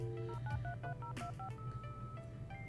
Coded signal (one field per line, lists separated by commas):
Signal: DTMF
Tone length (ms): 100 ms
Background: music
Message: 0933025